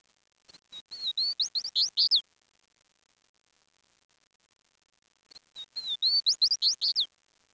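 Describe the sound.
Bird song, two matching phrases a few seconds apart, each a quick run of high chirps and twisting whistled notes, in quiet surroundings.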